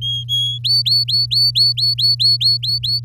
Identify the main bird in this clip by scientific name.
Serinus canaria